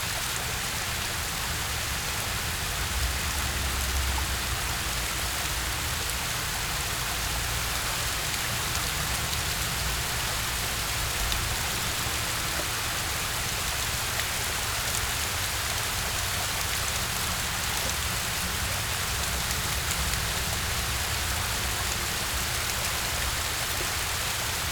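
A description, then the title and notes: A waterfall pours in a dense, unbroken hiss that holds steady for the whole stretch, bright, like heavy rain. A low rumble sits underneath, with a brief deeper swell near the fourth second. Hanging Out Under the Waterfall. Water and nature sounds.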